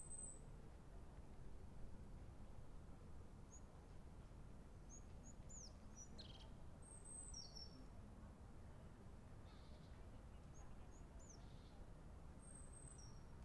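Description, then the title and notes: European crested tit calls: scattered thin, very high notes, some sliding downward, with a brief buzzy burst near the middle, over a constant low rumble of background noise. Montjuïc Cemetery, Barcelona, from an inner passageway facing the Olympic ring. "Mall Emplomallada. Cementiri de Montjuic. herrerillo capuchino (Lophophanes cristatus)"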